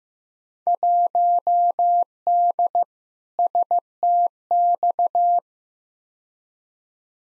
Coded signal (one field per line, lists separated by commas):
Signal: Morse code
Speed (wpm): 15 wpm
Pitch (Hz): 700 Hz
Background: none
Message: 1D STX